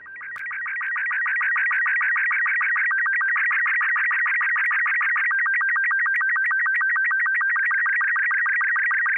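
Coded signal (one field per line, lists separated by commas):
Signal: SSTV (slow-scan television)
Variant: Robot 36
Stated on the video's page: Robot 36 SSTV signals demonstrating sending and receiving, usable with or without a radio.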